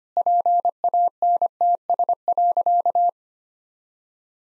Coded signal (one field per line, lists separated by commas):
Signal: Morse code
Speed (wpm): 25 wpm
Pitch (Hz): 700 Hz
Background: none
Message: PANTS.